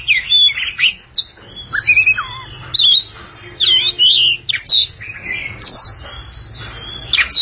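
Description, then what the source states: Oriental magpie-robin song with scattered whistled slurs and sharp chips, phrases broken by short silences, a low hum underneath. Long-duration song.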